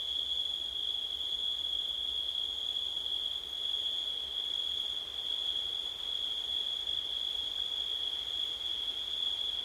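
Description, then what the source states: Cricket chorus produces a sustained high ringing trill, nearly uniform, with a slight dip in loudness midway. Recorded at night in September, with wind.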